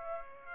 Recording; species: mosquito wingbeat signal from an infrared sensor; Aedes aegypti